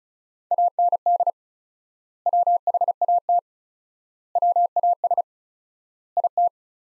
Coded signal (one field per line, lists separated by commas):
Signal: Morse code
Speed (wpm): 36 wpm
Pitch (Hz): 700 Hz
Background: none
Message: AND WHAT WAS IT